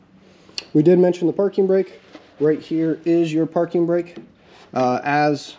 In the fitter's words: you can't over tighten it once you turn it down and then you're gonna hear the clicks that's how you know it's nice and tight or as tight as it can be